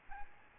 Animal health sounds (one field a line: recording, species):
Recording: mosquito wingbeat signal from an infrared sensor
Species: Aedes albopictus